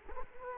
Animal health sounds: mosquito wingbeat signal from an infrared sensor; Culex quinquefasciatus

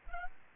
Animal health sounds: mosquito wingbeat signal from an infrared sensor; Aedes albopictus

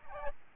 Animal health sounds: mosquito wingbeat signal from an infrared sensor; Aedes albopictus

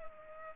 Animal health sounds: mosquito wingbeat signal from an infrared sensor; Culex pipiens

